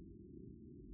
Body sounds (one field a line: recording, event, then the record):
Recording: neck accelerometer signal played as sound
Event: no cough (speech, laughter, throat clearing or background)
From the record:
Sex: male